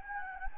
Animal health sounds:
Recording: mosquito wingbeat signal from an infrared sensor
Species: Anopheles gambiae

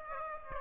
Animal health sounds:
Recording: mosquito wingbeat signal from an infrared sensor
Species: Aedes aegypti

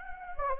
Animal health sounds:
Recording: mosquito wingbeat signal from an infrared sensor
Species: Anopheles gambiae

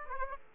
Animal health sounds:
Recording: mosquito wingbeat signal from an infrared sensor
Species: Aedes aegypti

